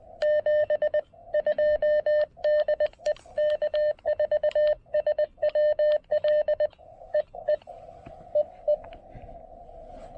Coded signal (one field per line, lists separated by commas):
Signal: Morse code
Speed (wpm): 20 wpm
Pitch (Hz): 600 Hz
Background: radio noise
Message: 7 2 DE K4SWL EE EE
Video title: Snagging a little POTA QRP DX with the Chelegance MC-750 and Xiegu G106!